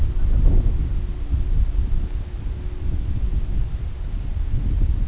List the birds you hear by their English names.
none